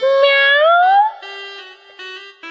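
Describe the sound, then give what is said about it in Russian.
A single drawn-out cat meow that rises in pitch, for the cat that comes running in a told tale of the turnip, heard alone and fairly loud, followed by a few steady, even tones broken by short pauses. “Кошка прибежала.”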